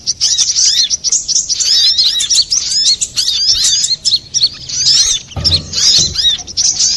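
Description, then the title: Little spiderhunter song, a rapid stream of thin, high chirps and curling whistled notes, with a brief low thud just past five seconds. Master recording for training cage birds, labelled Labaik. "Masteran Burung Sogok Ontong Labaik"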